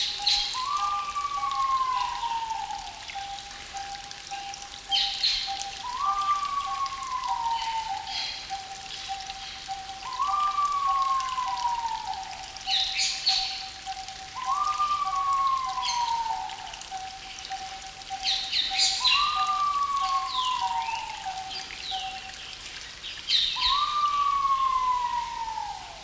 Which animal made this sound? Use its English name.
Pheasant Pigeon